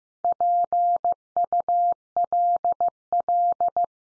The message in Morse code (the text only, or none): PULL